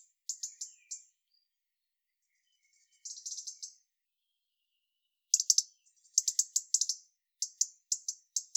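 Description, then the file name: European robin delivering short, very high twittering phrases, sparse at first, then several quick bursts in close succession near the end. "Erithacus rubecula"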